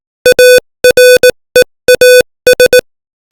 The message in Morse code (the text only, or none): AREAS